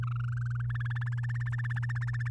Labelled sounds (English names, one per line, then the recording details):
Domestic Canary song
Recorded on 8 May 2018 at 05:38
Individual llb16